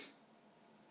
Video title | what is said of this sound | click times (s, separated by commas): Carrera D132 1/32 Digital DTM Tuning Video Cincyslots.com Slot Car | And here you can see that it's snapped in place. | 0.8 s